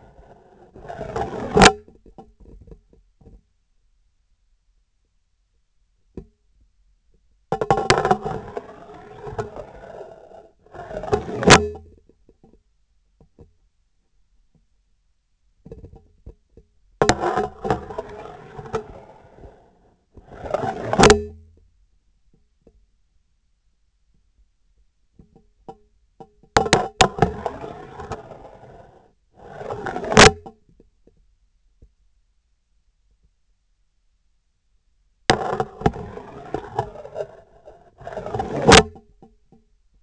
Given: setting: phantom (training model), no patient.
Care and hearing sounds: laparoscopic instrument, vibration sensor on the handle end; scissors; insertion and removal through the trocar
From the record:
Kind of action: spatial motion

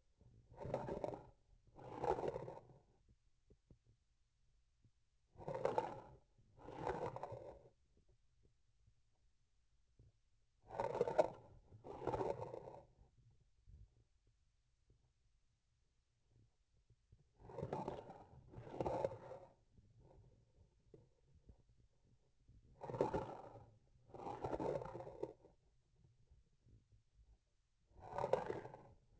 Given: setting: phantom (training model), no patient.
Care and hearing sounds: laparoscopic instrument, vibration sensor on the handle end; grasping forceps; approaching and retracting movements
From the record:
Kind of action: spatial motion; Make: other than Olympus

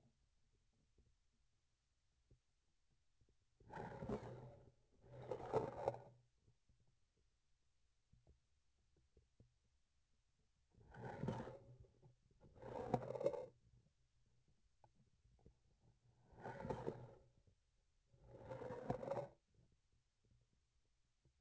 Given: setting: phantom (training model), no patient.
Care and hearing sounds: laparoscopic instrument, vibration sensor on the handle end; grasping forceps; approaching and retracting movements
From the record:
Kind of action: spatial motion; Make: other than Olympus

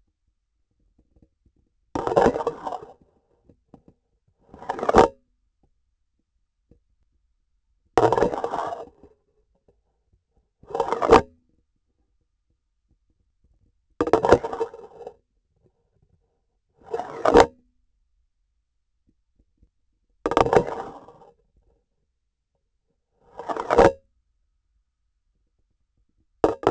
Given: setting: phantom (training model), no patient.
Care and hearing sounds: laparoscopic instrument, vibration sensor on the handle end; grasping forceps; insertion and removal through the trocar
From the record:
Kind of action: spatial motion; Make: Olympus

